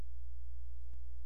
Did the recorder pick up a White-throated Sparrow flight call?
no